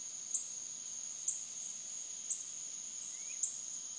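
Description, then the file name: Cicada song: a steady, high, shrill whine held throughout, with a brief sharper pulse roughly once a second. Evening, 8:06 PM on 26 August 2013. "Cicada Insects 8 26 13 8 06 PM"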